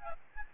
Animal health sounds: mosquito wingbeat signal from an infrared sensor; Aedes albopictus

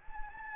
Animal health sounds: mosquito wingbeat signal from an infrared sensor; Anopheles gambiae

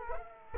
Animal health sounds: mosquito wingbeat signal from an infrared sensor; Culex quinquefasciatus

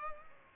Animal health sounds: mosquito wingbeat signal from an infrared sensor; Culex pipiens

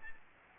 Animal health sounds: mosquito wingbeat signal from an infrared sensor; Aedes aegypti

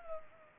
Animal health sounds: mosquito wingbeat signal from an infrared sensor; Culex pipiens

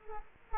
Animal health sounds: mosquito wingbeat signal from an infrared sensor; Culex quinquefasciatus

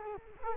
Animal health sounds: mosquito wingbeat signal from an infrared sensor; Culex quinquefasciatus

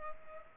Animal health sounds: mosquito wingbeat signal from an infrared sensor; Culex pipiens

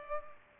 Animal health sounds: mosquito wingbeat signal from an infrared sensor; Culex pipiens

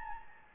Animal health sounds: mosquito wingbeat signal from an infrared sensor; Anopheles gambiae

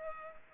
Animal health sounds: mosquito wingbeat signal from an infrared sensor; Culex pipiens

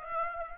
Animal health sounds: mosquito wingbeat signal from an infrared sensor; Aedes aegypti

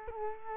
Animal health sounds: mosquito wingbeat signal from an infrared sensor; Culex quinquefasciatus

